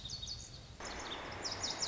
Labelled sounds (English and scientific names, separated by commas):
Lazuli Bunting (Passerina amoena)